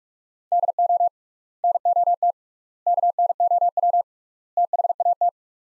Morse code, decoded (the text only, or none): DO NOT KNOW THAT